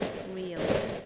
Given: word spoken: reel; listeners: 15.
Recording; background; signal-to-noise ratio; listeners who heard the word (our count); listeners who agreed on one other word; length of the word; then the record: one English word in noise, from a listening test; noise modulated by three-talker babble; -7.5 dB; 1 of 15; 14 of 15; 0.66 s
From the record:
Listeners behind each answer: 14, 1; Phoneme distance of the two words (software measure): 10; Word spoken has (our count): 1 syllable, 3 phonemes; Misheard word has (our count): 1 syllable, 3 phonemes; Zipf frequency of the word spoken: 3.56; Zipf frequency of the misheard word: 5.53